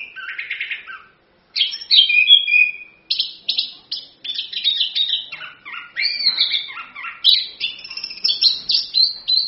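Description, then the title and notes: Orange-headed thrush song: an opening buzzy trill, a short pause, then a long medley of quick chirps, whistles and chattering notes delivered almost without break. Full continuous song (gacor, ngerol); a masteran tutor song used as a pancingan lure to prompt other birds to sing. "ANIS KEMBANG GACOR, ANIS KEMBANG NGEROL, PANCINGAN ANIS KEMBANG BIAR BUNYI. Masteran Anis Kembang"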